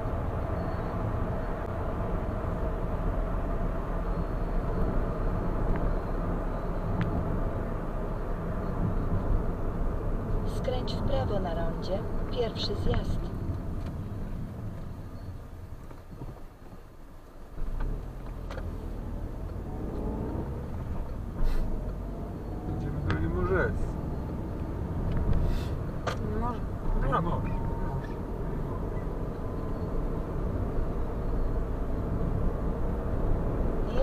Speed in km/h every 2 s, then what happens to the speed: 69, 65, 62, 56, 51, 44, 27, 5, 0, 17, 24, 31, 36, 37, 42, 46, 53.
0-15 brakes to 0. 16-34 pulls away to 53.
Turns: none.